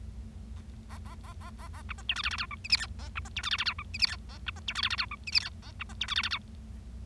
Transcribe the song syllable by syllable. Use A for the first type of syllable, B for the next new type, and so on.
A A A A A A A B C D E F F G H I J K A B C D E F F G H I J K A B C D E F F G H I J K A B C D E F F G